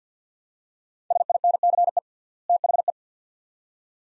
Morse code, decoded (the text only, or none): SINCE THE